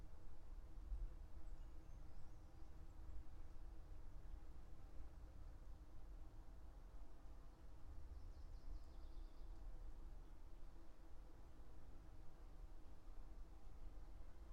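A passing thunderstorm east of Bear Mountain: a deep, steady rumble fills the low end for the whole stretch, rolling on without clear breaks or peaks. Faint high bird chirps come through near the start and again around the ninth second.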